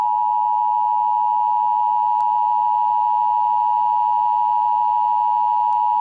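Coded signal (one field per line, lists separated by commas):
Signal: Emergency Alert System (SAME) tones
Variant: 853 and 960 Hz attention tone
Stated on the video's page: EAS tones for an Extreme Wind Warning relayed from the National Weather Service for central Florida during a hurricane.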